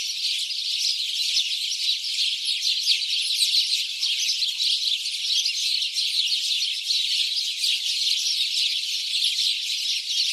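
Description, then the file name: House sparrow chirping, many birds calling at once in a busy, continuous chatter of short high notes with small swells in volume. "Passer domesticus"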